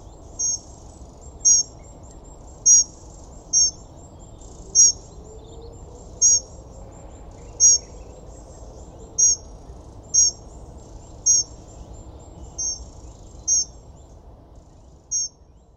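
Bird calling with short, very high chirps repeated roughly once a second in a steady series over quiet background hiss.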